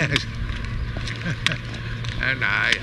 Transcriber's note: chuckles